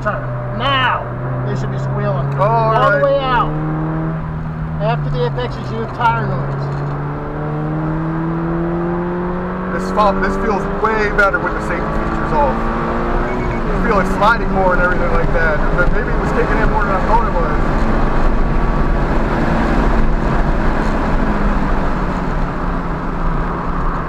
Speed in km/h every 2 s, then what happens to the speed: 74, 89, 71, 90, 105, 118, 130, 143, 156, 161, 134, 118.
0-17 speeds up to 161. 17-24 brakes to 118.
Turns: none.